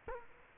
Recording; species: mosquito wingbeat signal from an infrared sensor; Culex quinquefasciatus